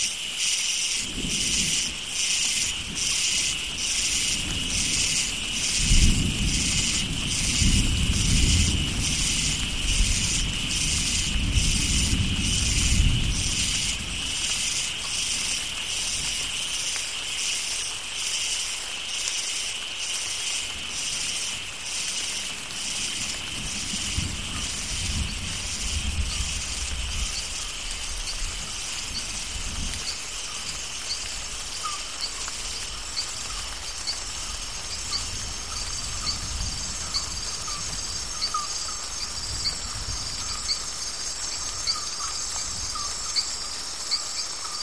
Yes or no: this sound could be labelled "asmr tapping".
no